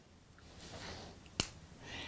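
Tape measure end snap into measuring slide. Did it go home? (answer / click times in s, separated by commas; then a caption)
yes / 1.4 s. The red plastic snap at the zero end of a Sure-Fit Designs Easy Check sewing tape measure is pushed into the hole in the plastic slide. A single sharp snap is heard at 1.4 s over quiet background rustling, and the snap is completely seated.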